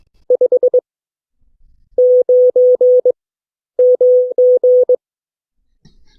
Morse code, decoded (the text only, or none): 59 MG